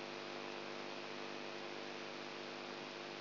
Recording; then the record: brain microelectrode recording played as sound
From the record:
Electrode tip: outside the subthalamic nucleus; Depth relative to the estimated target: -3 mm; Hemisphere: right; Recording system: AlphaMap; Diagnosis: Parkinson's disease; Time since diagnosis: 20 years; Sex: female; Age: 64 years